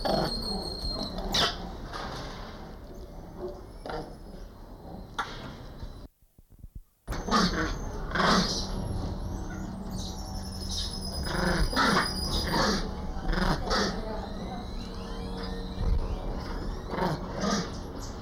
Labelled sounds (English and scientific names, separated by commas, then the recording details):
Common Squirrel Monkey (Saimiri sciureus) call
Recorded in captivity
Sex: group
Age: diverse
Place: Primatenstation Kassel, Hessen, DE
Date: 1995-09-24 13:38
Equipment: Sony WM-D6C, Sennheiser ME 80, Kopie Uher 4000 Report Monitor
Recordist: Tembrock, Günter